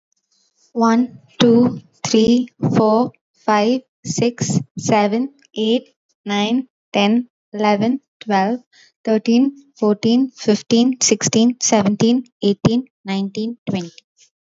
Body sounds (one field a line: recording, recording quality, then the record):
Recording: counting at a normal pace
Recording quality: excellent, no background noise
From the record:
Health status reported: healthy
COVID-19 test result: negative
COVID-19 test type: RT-PCR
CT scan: not taken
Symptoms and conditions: none ticked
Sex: female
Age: 21 years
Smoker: no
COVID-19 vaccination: both doses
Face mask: not worn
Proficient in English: yes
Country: India